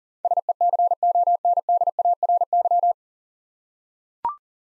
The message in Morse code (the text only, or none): SECONDARY